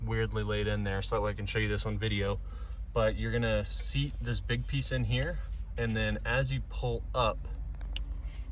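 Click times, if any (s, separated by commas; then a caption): 8.0 s. A man talks while working on a plastic wiring harness connector that plugs into the infotainment/CarPlay module behind the dash of an F150 with Sync 2. He pulls up the gray locking piece, and a sharp snap at 8.0 s marks the connector seating further down and locking into place.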